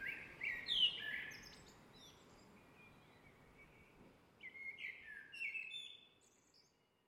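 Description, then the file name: Eurasian blackbird song: mellow fluted whistled phrases near the start, ending in high squeaky twitters, then a second burst of warbling notes after a pause, with faint background hiss. "MERLES"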